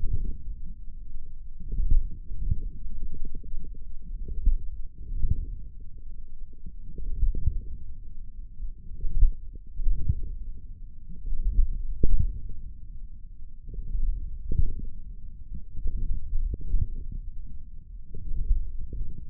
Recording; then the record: forearm muscle sounds (acoustic myography)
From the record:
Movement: wrist flexion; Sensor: system 1, eight BSWA MPA416 microphones around the upper forearm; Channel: 5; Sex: male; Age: 28 years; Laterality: right